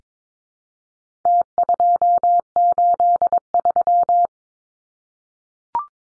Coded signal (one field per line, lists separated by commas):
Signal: Morse code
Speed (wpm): 22 wpm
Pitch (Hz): 700 Hz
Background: none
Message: T283